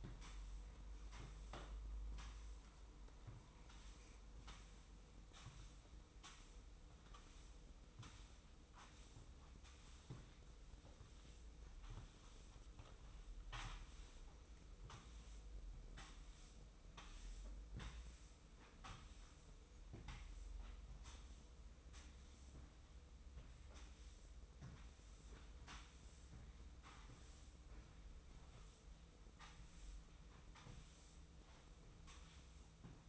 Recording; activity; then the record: daily activity, microphone in the room; sweep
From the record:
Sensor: 1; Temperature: 25.3 degrees Celsius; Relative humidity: 44.0%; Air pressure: 990.5 hPa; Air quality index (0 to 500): 177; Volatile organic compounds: 1000 ppm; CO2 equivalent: 6527 ppm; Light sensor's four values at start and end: 28/65/28/30 and 27/63/27/29